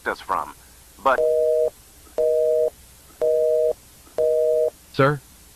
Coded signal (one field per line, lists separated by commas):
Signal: telephone call progress tone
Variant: North America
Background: speech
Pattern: busy tone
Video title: EAS Scenario | Project MDB-01